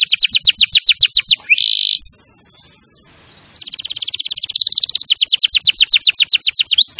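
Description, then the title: Canary song: rapid trills of descending high whistled notes, a buzzy sustained segment, a brief near-silent pause, then a long fast trill of repeated notes. Champion canary song used as a master recording for training other birds. "Masteran Kenari Juara"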